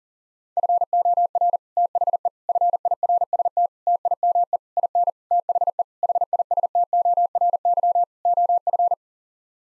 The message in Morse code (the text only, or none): FOR THE FIRST TIME IN THE HISTORY OF